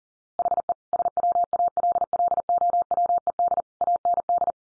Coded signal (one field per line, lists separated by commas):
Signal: Morse code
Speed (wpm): 40 wpm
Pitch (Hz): 700 Hz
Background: none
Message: HE SWALLOWED AND